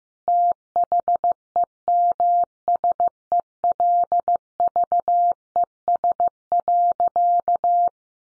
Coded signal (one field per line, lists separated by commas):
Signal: Morse code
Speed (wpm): 15 wpm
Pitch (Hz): 700 Hz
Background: none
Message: THEMSELVES.